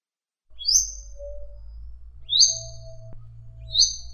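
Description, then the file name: Madi injap bird song: three sharp high whistled notes spaced over a few seconds, with a low steady hum beneath. "suara-kicauan-burung-madi-injap omkicau"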